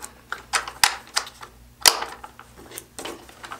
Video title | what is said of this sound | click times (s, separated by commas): Perfect 6S Batteries for the Traxxas Ultimate Desert Racer | right in on top of it snap | 0.8 s